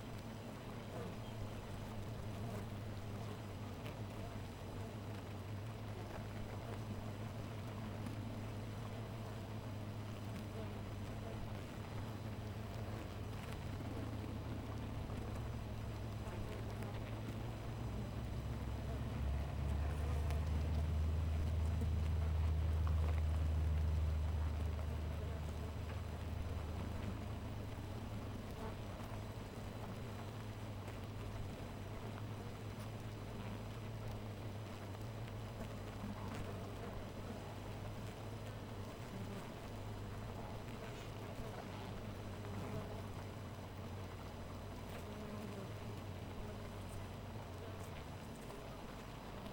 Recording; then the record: honeybee colony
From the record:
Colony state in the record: missing queen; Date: 14 July 2017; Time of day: 4:06